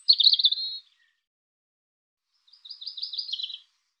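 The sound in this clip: European robin song: two short bursts of high, rapid twittering phrases separated by a pause of nearly two seconds, on an otherwise silent background.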